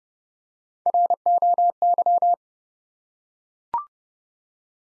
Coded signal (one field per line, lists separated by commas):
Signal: Morse code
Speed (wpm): 30 wpm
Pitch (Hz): 700 Hz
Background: none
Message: ROY